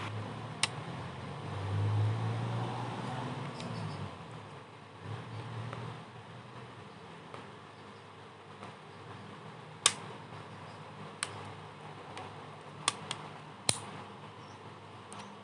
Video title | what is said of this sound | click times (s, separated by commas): เปลี่ยนแบ็ตเตอรี่ OPPO F9 | ครับเพื่อให้มันเข้าล็อคมากที่สุดนะครับผม | 0.6 s, 9.9 s, 11.2 s, 12.9 s, 13.1 s, 13.7 s